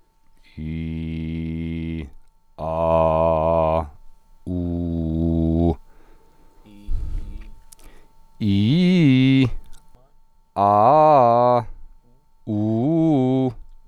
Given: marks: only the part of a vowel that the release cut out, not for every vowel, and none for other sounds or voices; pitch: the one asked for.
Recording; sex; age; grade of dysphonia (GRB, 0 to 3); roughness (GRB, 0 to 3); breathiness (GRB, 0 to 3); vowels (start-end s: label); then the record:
sustained vowels; male; 40 to 49 years; 0; 0; 0
0.69-1.91 s: vowel /i/, low pitch
2.72-3.73 s: vowel /a/, low pitch
4.58-5.65 s: vowel /u/, low pitch
8.51-9.39 s: vowel /i/, low-high-low pitch
10.65-11.53 s: vowel /a/, low-high-low pitch
12.56-13.43 s: vowel /u/, low-high-low pitch
From the record:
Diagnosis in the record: healthy voice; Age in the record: 44 years